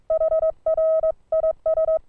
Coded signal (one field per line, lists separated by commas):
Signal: Morse code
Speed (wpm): 22 wpm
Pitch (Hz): 1280 Hz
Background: none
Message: HR IS